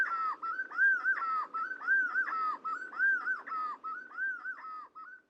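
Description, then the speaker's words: Black-fronted wood quail give rhythmic whistled calls, with an arched phrase roughly every second, tapering off at the end. Several birds recorded in Colombia. "Here's some black fronted wood quail in Colombia."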